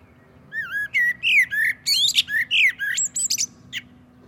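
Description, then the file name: Common blackbird song: a run of mellow fluted whistles, rising and falling, ending in a high squeaky twitter. "Turdus merula"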